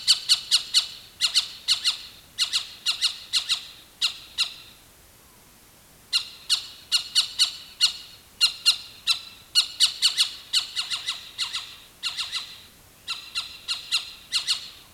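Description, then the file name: Animal alarm call: insistent, harsh notes in rapid series, broken by a couple of longer pauses. "SLA alarm"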